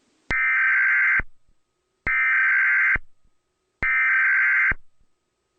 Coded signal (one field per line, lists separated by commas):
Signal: Emergency Alert System (SAME) tones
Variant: header bursts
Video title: National Emergency Alert System interupts The World Wide Day of Play 2014.